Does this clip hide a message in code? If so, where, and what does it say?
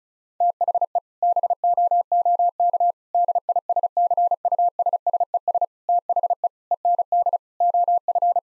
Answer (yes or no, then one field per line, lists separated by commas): yes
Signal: Morse code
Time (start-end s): 0.4-8.4 s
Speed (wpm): 36 wpm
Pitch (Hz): 700 Hz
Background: none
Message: THE BOOK DISCUSSES THE END OF